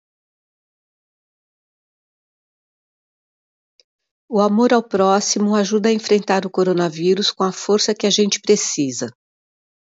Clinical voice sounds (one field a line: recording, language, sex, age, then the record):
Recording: spoken sentence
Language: Brazilian Portuguese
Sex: female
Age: 50 to 59 years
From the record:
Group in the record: control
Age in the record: 59 years